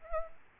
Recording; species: mosquito wingbeat signal from an infrared sensor; Aedes aegypti